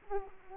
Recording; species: mosquito wingbeat signal from an infrared sensor; Culex quinquefasciatus